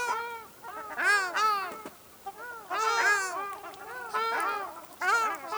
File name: Ruddy shelduck